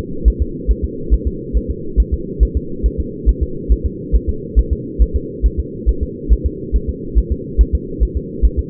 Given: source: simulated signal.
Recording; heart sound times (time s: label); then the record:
fetal heart sounds
0.28 s: S1
0.42 s: S2
0.71 s: S1
0.84 s: S2
1.14 s: S1
1.27 s: S2
1.57 s: S1
1.71 s: S2
2.00 s: S1
2.14 s: S2
2.43 s: S1
2.57 s: S2
2.86 s: S1
3.00 s: S2
3.29 s: S1
3.43 s: S2
3.72 s: S1
3.86 s: S2
4.16 s: S1
4.29 s: S2
4.59 s: S1
4.73 s: S2
5.02 s: S1
5.16 s: S2
5.46 s: S1
5.60 s: S2
5.89 s: S1
6.03 s: S2
6.32 s: S1
6.46 s: S2
6.76 s: S1
6.89 s: S2
7.18 s: S1
7.32 s: S2
7.61 s: S1
7.75 s: S2
8.03 s: S1
8.17 s: S2
8.45 s: S1
8.59 s: S2
From the record:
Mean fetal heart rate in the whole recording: 140 bpm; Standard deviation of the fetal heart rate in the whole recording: 2 bpm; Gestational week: 34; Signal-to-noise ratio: -4.3 dB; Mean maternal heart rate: 72 bpm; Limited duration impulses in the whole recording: present